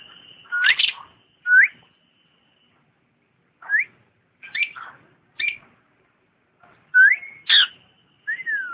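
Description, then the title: Lovebird song of short rising whistles and squeaky chirps in scattered bursts, separated by silent gaps. Lovebird song presented as that of a champion bird. "KICAU BURUNG LOVEBIRD JUARA"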